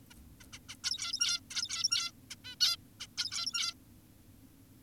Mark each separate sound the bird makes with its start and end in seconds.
0.10-0.14, 0.41-0.44, 0.53-0.59, 0.69-0.75, 0.84-1.40, 1.51-2.12, 2.31-2.36, 2.45-2.56, 2.61-2.76, 3.00-3.07, 3.18-3.74